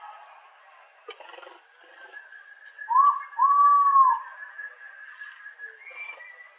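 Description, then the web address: Ivory-breasted pitta giving a two-part whistle, brief note then drawn-out arched note, over a steady insect-like drone with a few faint clicks. "ULM-DS-Lab indonesian-bird-sounds. Pitta maxima"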